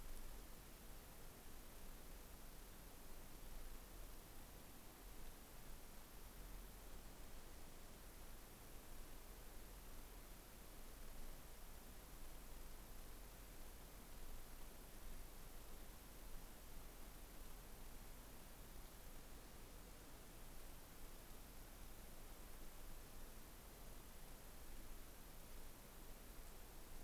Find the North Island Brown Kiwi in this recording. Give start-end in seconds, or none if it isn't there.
none